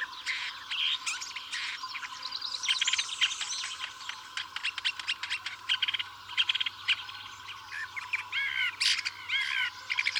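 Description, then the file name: Woodchat shrike song, dense chattering and squeaky notes delivered in quick succession, ending with a few clearer repeated whistled phrases. "woodchat shrike omkicau"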